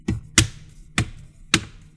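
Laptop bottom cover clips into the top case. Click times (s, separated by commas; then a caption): 0.4 s, 1.0 s, 1.5 s. The plastic bottom cover of an Acer Aspire 5 A515 laptop is pressed down at the corner during reassembly after an SSD/HDD upgrade, and its clips snap into the top case. A soft tap at 0.1 seconds is followed by three sharp clicks at 0.4, 1.0 and 1.5 seconds as the clips snap home, and the cover is seated.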